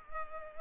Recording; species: mosquito wingbeat signal from an infrared sensor; Culex pipiens